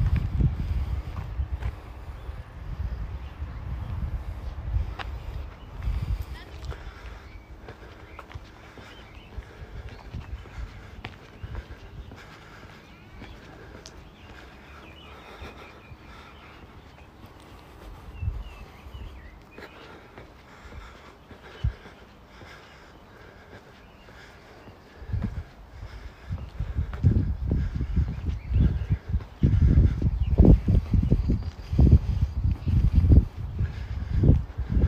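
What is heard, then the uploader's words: Footsteps and low rumbling movement while walking in Modiin, Israel, loud and busy for the first several seconds, then quieter and sparse from about 8 to 25 seconds. After 25 seconds heavy low thuds and crunching return, denser and louder, with faint voices and scattered outdoor sounds. City Park Sounds. Walking In Modiin, Israel.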